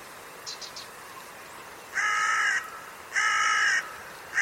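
Bird: soft high chirps open, followed by a bird's loud grating caws repeated roughly every second, a third just beginning at the end.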